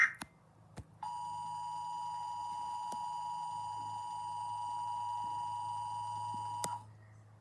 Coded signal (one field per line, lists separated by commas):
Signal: Emergency Alert System (SAME) tones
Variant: 853 and 960 Hz attention tone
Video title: V-Day | An EAS Scenario Volcano Apocalypse Reaction Pt 2